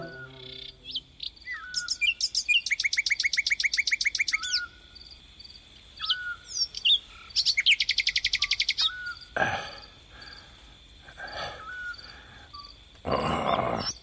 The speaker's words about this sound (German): Hör sie dir an, Jerome. Diese verdammte Nachtigall. Ihr Gesang ist so süß, sagt Mama.